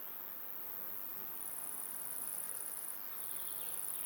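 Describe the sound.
Insect trill, a thin, very high continuous buzz starting after about a second and a half, briefly breaking near three seconds, then resuming over steady background hiss.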